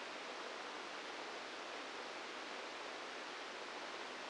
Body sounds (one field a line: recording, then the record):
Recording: brain microelectrode recording played as sound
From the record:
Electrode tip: inside the subthalamic nucleus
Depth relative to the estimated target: -2 mm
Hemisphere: left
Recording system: NeuroSet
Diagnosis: Parkinson's disease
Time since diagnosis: 9 years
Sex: female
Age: 51 years